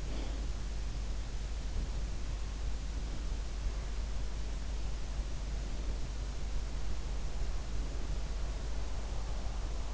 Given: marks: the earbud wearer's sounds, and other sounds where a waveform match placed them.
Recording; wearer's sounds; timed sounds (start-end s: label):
sounds in sleep by an in-ear microphone; breath
0.00-0.52 s: breath